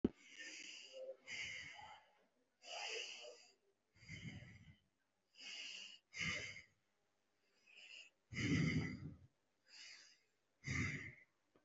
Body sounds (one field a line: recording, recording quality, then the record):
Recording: deep breathing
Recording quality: excellent, no background noise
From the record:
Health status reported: respiratory illness, not identified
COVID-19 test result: negative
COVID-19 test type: RT-PCR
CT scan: taken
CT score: 0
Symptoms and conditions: another respiratory illness, another condition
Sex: male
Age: 19 years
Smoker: no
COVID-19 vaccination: none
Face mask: worn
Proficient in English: yes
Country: India